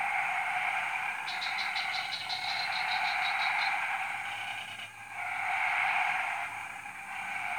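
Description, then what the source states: Dense frog chorus with a fast rattling pulse train in the first half, then the steady droning hum alone. Frog chorus recorded at 03:00 on Tuesday 14 February 2017 at Jalan Kolonel Sugiono No. 9, Kuala Kapuas, Central Kalimantan, Indonesia.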